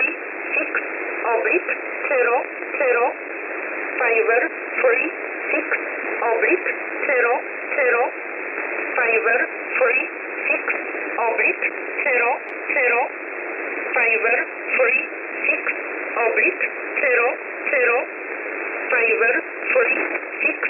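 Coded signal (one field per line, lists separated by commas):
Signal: numbers station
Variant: E11 Oblique, English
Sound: a voice reading short, evenly spaced words, like numbers, over a noisy narrowband radio channel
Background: radio static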